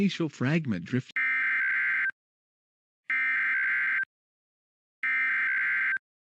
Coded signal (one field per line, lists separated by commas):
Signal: Emergency Alert System (SAME) tones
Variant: header bursts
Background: speech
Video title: Cryoblind: An EAS Scenario